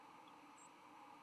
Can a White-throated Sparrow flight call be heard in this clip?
no